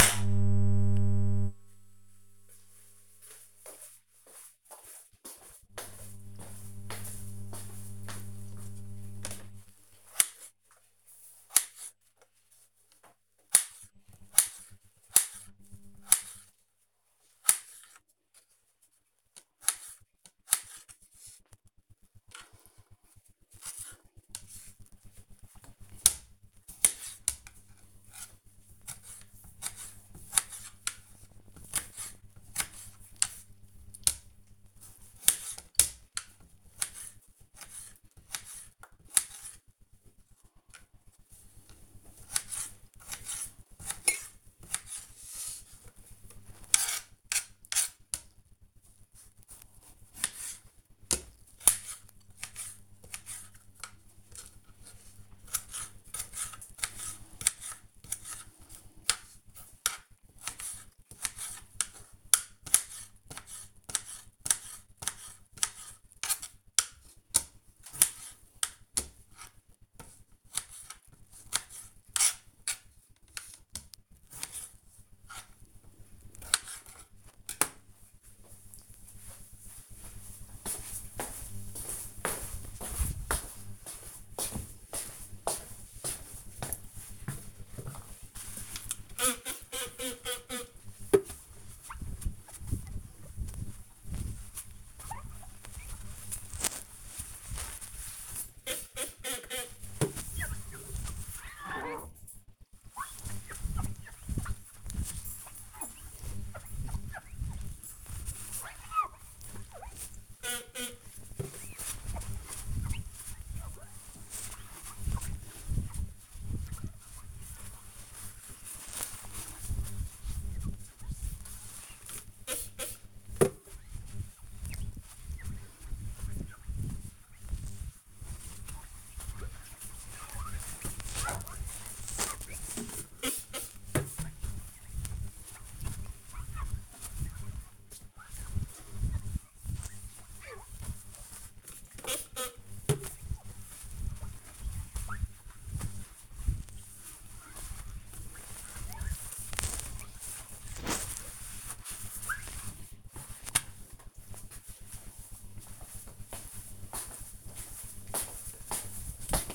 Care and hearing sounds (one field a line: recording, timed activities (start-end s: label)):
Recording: household activities, microphone on the right wrist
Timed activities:
8.63-77.09 s: cutting vegetables
87.17-153.66 s: window cleaning